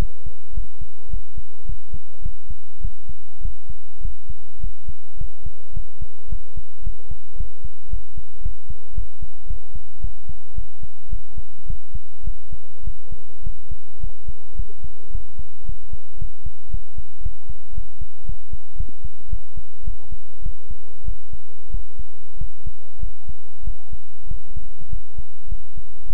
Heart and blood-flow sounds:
heart sounds by stethoscope; between the tricuspid and mitral areas; 106 bpm
0.53 s: heartbeat
1.09 s: heartbeat
1.65 s: heartbeat
2.21 s: heartbeat
2.80 s: heartbeat
3.40 s: heartbeat
4.00 s: heartbeat
4.59 s: heartbeat
5.16 s: heartbeat
5.72 s: heartbeat
6.28 s: heartbeat
6.82 s: heartbeat
7.35 s: heartbeat
7.88 s: heartbeat
8.41 s: heartbeat
8.93 s: heartbeat
9.46 s: heartbeat
10.00 s: heartbeat
10.54 s: heartbeat
11.09 s: heartbeat
11.66 s: heartbeat
12.23 s: heartbeat
12.83 s: heartbeat
13.42 s: heartbeat
13.99 s: heartbeat
14.55 s: heartbeat
15.10 s: heartbeat
15.64 s: heartbeat
16.17 s: heartbeat
16.69 s: heartbeat
17.21 s: heartbeat
17.72 s: heartbeat
18.24 s: heartbeat
18.75 s: heartbeat
19.28 s: heartbeat
19.83 s: heartbeat
20.41 s: heartbeat
21.04 s: heartbeat
21.69 s: heartbeat
22.36 s: heartbeat
22.98 s: heartbeat
23.63 s: heartbeat
24.26 s: heartbeat
24.88 s: heartbeat
25.47 s: heartbeat
26.06 s: heartbeat
From the record:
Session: pedaling a stationary bicycle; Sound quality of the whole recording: good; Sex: male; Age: 24 years

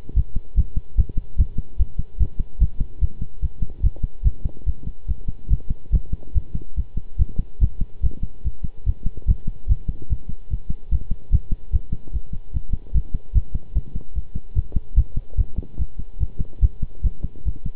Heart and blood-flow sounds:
heart sounds by stethoscope; between the tricuspid and mitral areas; 146 bpm
0.16 s: heartbeat
0.57 s: heartbeat
0.97 s: heartbeat
1.38 s: heartbeat
1.79 s: heartbeat
2.20 s: heartbeat
2.60 s: heartbeat
3.01 s: heartbeat
3.42 s: heartbeat
3.83 s: heartbeat
4.25 s: heartbeat
4.66 s: heartbeat
5.08 s: heartbeat
5.50 s: heartbeat
5.92 s: heartbeat
6.35 s: heartbeat
6.76 s: heartbeat
7.19 s: heartbeat
7.61 s: heartbeat
8.03 s: heartbeat
8.44 s: heartbeat
8.86 s: heartbeat
9.28 s: heartbeat
9.69 s: heartbeat
10.09 s: heartbeat
10.50 s: heartbeat
10.91 s: heartbeat
11.32 s: heartbeat
11.73 s: heartbeat
12.13 s: heartbeat
12.53 s: heartbeat
12.94 s: heartbeat
13.35 s: heartbeat
13.75 s: heartbeat
14.15 s: heartbeat
14.55 s: heartbeat
14.96 s: heartbeat
15.37 s: heartbeat
15.78 s: heartbeat
16.20 s: heartbeat
16.62 s: heartbeat
17.04 s: heartbeat
17.45 s: heartbeat
From the record:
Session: pedaling a stationary bicycle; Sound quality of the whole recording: good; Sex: male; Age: 23 years

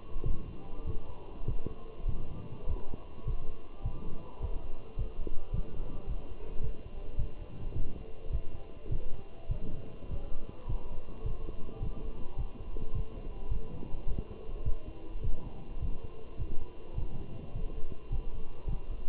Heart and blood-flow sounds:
heart sounds by stethoscope; between the tricuspid and mitral areas; 104 bpm
0.26 s: heartbeat
0.87 s: heartbeat
1.48 s: heartbeat
2.09 s: heartbeat
2.69 s: heartbeat
3.27 s: heartbeat
3.86 s: heartbeat
4.42 s: heartbeat
4.99 s: heartbeat
5.54 s: heartbeat
6.09 s: heartbeat
6.64 s: heartbeat
7.19 s: heartbeat
7.76 s: heartbeat
8.33 s: heartbeat
8.92 s: heartbeat
9.51 s: heartbeat
10.11 s: heartbeat
10.69 s: heartbeat
11.26 s: heartbeat
11.83 s: heartbeat
12.38 s: heartbeat
12.95 s: heartbeat
13.52 s: heartbeat
14.09 s: heartbeat
14.66 s: heartbeat
15.24 s: heartbeat
15.82 s: heartbeat
16.40 s: heartbeat
16.98 s: heartbeat
17.55 s: heartbeat
18.12 s: heartbeat
18.69 s: heartbeat
From the record:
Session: walking at 3.7 km/h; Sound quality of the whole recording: good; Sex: male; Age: 27 years

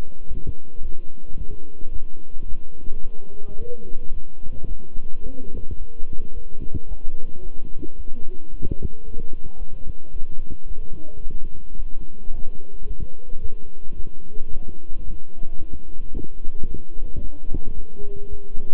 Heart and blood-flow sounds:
heart sounds by stethoscope; between the tricuspid and mitral areas; 110 bpm
0.27 s: heartbeat
0.81 s: heartbeat
1.36 s: heartbeat
1.91 s: heartbeat
2.46 s: heartbeat
3.01 s: heartbeat
3.57 s: heartbeat
4.12 s: heartbeat
4.67 s: heartbeat
5.22 s: heartbeat
5.77 s: heartbeat
6.32 s: heartbeat
6.87 s: heartbeat
7.41 s: heartbeat
7.95 s: heartbeat
8.49 s: heartbeat
9.04 s: heartbeat
9.57 s: heartbeat
10.12 s: heartbeat
10.66 s: heartbeat
11.20 s: heartbeat
11.75 s: heartbeat
12.30 s: heartbeat
12.85 s: heartbeat
13.40 s: heartbeat
13.94 s: heartbeat
14.49 s: heartbeat
15.03 s: heartbeat
15.57 s: heartbeat
16.11 s: heartbeat
16.65 s: heartbeat
17.19 s: heartbeat
17.73 s: heartbeat
18.28 s: heartbeat
From the record:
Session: walking at 3.7 km/h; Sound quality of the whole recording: good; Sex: male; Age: 26 years

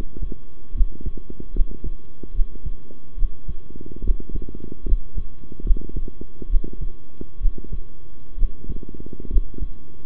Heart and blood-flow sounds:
heart sounds by stethoscope; between the tricuspid and mitral areas; 70 bpm
0.74 s: heartbeat
1.53 s: heartbeat
2.33 s: heartbeat
3.16 s: heartbeat
4.03 s: heartbeat
4.85 s: heartbeat
5.64 s: heartbeat
6.49 s: heartbeat
7.40 s: heartbeat
8.37 s: heartbeat
9.29 s: heartbeat
From the record:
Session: rest, sitting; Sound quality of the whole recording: good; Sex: male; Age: 23 years

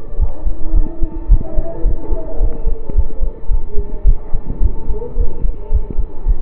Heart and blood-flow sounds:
heart sounds by stethoscope; between the tricuspid and mitral areas; 108 bpm
0.18 s: heartbeat
0.74 s: heartbeat
1.30 s: heartbeat
1.84 s: heartbeat
2.40 s: heartbeat
2.94 s: heartbeat
3.50 s: heartbeat
4.06 s: heartbeat
4.61 s: heartbeat
5.16 s: heartbeat
5.71 s: heartbeat
6.27 s: heartbeat
From the record:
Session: pedaling a stationary bicycle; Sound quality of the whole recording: saturated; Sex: male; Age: 25 years

